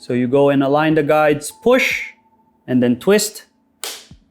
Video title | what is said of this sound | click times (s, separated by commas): DJ Flightcase Mod - PART 1 - POWER SECTION | until you hear it lock in and you know you've got a good connection right | 3.8 s